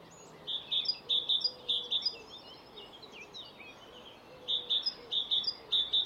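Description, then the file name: Great tit delivering rhythmic high two-note phrases, repeated many times in two runs, with soft warbling from other birds in between. "Parus major"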